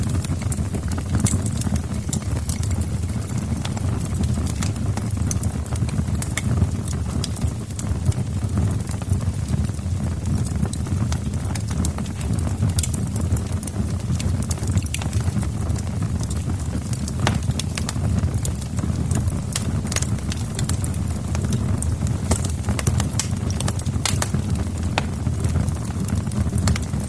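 A wood fire crackles and pops steadily for the whole stretch, with sharp bright snaps scattered densely throughout and a few louder pops standing out. Beneath the crackle runs a constant low, soft roar of burning, even in level.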